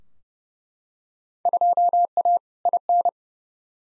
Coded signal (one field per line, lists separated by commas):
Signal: Morse code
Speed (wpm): 30 wpm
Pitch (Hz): 700 Hz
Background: none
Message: 2A IN